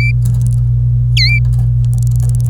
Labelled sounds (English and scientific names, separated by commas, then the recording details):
Domestic Canary (Serinus canaria) song
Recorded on 26 April 2018 at 08:27
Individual llb3